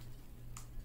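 A plastic buckle insert is pushed home into its receiving piece on the second side of an AR500 Testudo plate carrier. A short, bright click sounds at 0.6 s over a low steady hum. The buckle is seated and confirmed, sitting snug.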